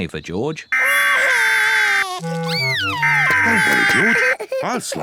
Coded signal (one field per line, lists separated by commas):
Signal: Emergency Alert System (SAME) tones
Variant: header bursts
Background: speech